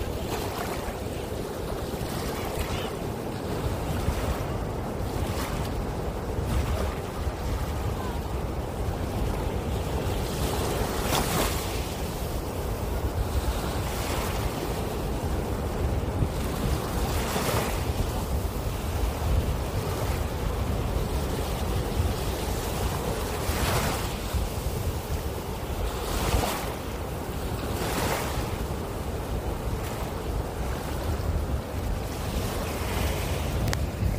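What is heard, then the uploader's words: Beach sounds: a steady, dense roar of surf with heavy low rumble running throughout, like waves and wind buffeting together. Brief bright bursts of spray or gusts break through every few seconds, notably around 11, 17, 24 and 28 seconds. The beach sounds.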